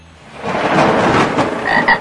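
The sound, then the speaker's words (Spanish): A dense chorus of frogs croaking steadily, overlapping rasping calls building in loudness, with a few higher, brighter croaks standing out near the end. “Oyendo las ranas el estruendo que causó el madero al caer en las aguas, huyeron espantadas.”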